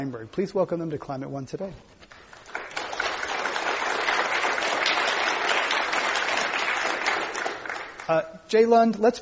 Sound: applause

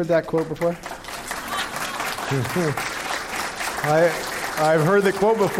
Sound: applause

